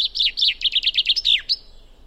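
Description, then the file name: Common chaffinch song: a quick series of bright chirping notes ending with a short sharp flourish, lasting under two seconds. "Fringilla coelebs"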